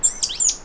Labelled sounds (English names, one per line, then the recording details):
Stitchbird song
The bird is a male
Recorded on Tiritiri Matangi Island, New Zealand, in 2005
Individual 1, of nest box 1